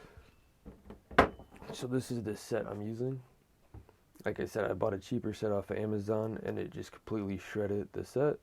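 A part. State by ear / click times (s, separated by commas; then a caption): seated / 1.2 s. A larger hole saw bit is threaded onto a quick-release arbor, overshot, then pulled back so the collar's drive pins engage. A sharp metallic click at 1.2 s marks the bit locking into place, and someone talks throughout the clip.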